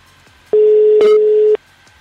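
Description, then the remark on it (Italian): A single steady ringback tone from an outgoing phone call, a flat mid-pitched beep lasting about a second, loud and alone, followed by quiet line hiss. “però la chiamiamo sperando che risponda. E intanto già squilla, buona cosa.”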